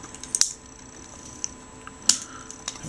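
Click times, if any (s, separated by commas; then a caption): 2.1 s. A plastic wing on a Transformers Alternity A-01 Convoy (Vibrant Red) transforming toy robot is raised and angled back into the robot's back, with a couple of light plastic clicks near 0.4 s. A sharp, loud click at 2.1 s marks the wing locking into position, seated.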